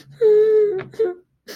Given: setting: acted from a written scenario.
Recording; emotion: vocal sound without words; distress